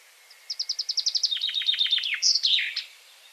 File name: Fringilla coelebs